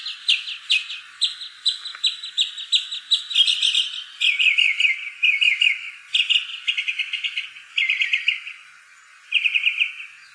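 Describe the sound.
Northern mockingbird song: chirpy notes and sweeping whistles, each phrase type repeated in rapid runs, with a short pause near the end.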